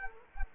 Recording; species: mosquito wingbeat signal from an infrared sensor; Culex quinquefasciatus